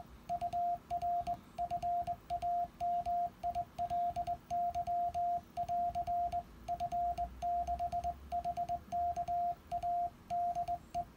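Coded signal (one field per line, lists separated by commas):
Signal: Morse code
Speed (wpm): 20 wpm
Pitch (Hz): 700 Hz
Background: radio noise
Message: UR FAMILY<AR> F6HKA DE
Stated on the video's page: Final over of an SKCC QSO, sent on a Begali Sculpture Arrow key.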